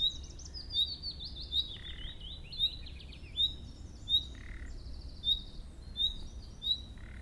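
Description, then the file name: Common nightingale: many brief, sharp upward whistles in a steady series, with jumbled warbling phrases between them over a low background hum. "Luscinia megarhynchos"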